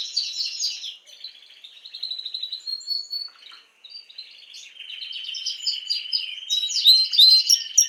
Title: Esquente Seu Filhote E Canario Belga Em 30 Minutos Macho Cantando Muito